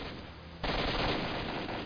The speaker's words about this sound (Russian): Когда от агропрома по бегущей толпе открыли прицельный огонь, ничего красивого не осталось вовсе.